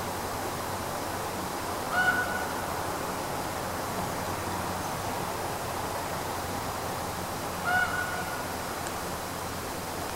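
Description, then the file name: Eurasian pygmy owl calling: two brief, clear whistled hoots about six seconds apart over a constant low hiss. "Sperlingskauz"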